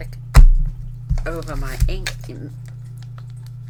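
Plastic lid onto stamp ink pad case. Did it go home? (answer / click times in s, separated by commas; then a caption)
yes / 0.4 s. A plastic lid is pressed shut over a stamp ink pad case and clicks into place with a sharp snap at 0.4 s, sealed so the ink doesn't dry out. Someone talks afterward over a steady low hum, with a few faint light taps near the end.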